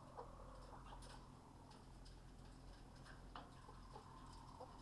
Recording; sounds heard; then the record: poultry house recording; healthy chickens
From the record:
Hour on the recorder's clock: 19